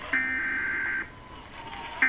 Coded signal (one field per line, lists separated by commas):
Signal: Emergency Alert System (SAME) tones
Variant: header bursts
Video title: Testing of the emergency alert system and the chew